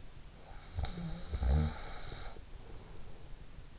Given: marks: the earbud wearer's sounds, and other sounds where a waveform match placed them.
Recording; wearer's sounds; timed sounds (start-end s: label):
sounds in sleep by an in-ear microphone; snoring breath
0.32-3.62 s: snoring breath